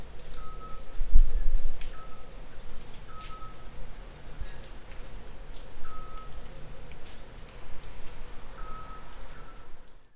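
Scops owl calling with brief plain whistled notes at irregular intervals of one to three seconds, with a soft thump near the start and light background hiss.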